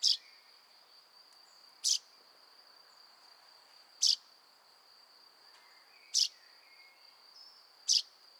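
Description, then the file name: Common chaffinch calling with five short, sharp high notes roughly every two seconds, set against a steady high-pitched drone. "Fringilla coelebs"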